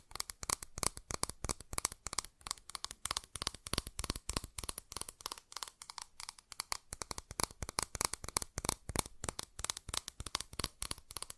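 Fast tapping runs throughout, a dense stream of crisp, bright clicks coming several times a second in uneven bursts and clusters. The taps have a dry, papery edge, like shuffling cards, and the rhythm never stops for long. Beneath them sits only a faint low hiss.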